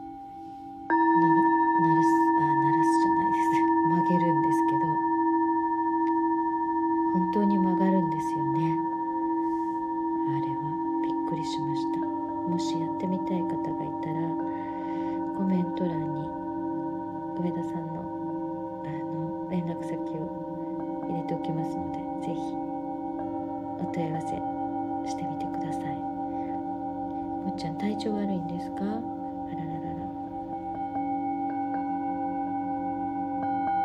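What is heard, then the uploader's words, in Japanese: Singing bowls ring in a sound-healing session, a low hum with several bright sustained tones layered above it, starting about one second in and holding steady throughout. Soft murmuring voices drift in and out underneath, with short clicks and rustles scattered across the clip. 日曜の朝のメキシコより シンギングボウルのサウンドヒーリング。3000年の歴史のあるチベタンシンギングボウル。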